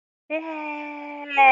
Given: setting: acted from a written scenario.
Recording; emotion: vocal sound without words; positive surprise